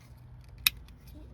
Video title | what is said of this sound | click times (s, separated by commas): Install 10" AutoABC CarPlay Screen on 2016+ Mercedes GLC300 / C300 | Nice click into place. | 0.7 s